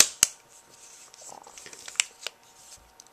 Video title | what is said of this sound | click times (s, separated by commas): Samsung Vibrant Trident Cyclops Case Review | as you probably already guessed, like this, and it just snaps into place. | 0.0 s, 0.2 s, 2.0 s